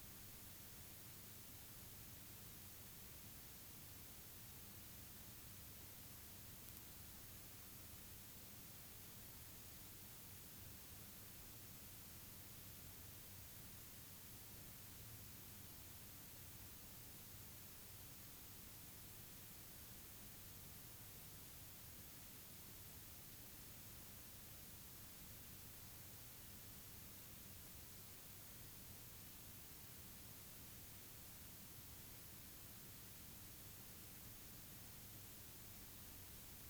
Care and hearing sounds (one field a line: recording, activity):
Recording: daily activity, guitar pickup as the sensor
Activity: lie down